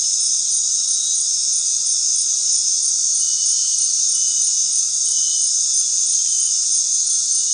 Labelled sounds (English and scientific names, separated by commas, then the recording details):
none
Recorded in dense forest near Puerto Asís, Putumayo, Colombia, on 19 February 2024 at 19:00
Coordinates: 0.499, -76.324
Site G6469